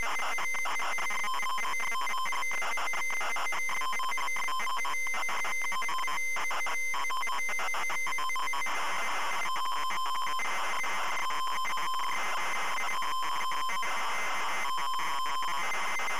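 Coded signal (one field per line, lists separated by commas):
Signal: ZX Spectrum tape loading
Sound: continuous harsh screeching data warble with buzzy tones and rapid stuttering breaks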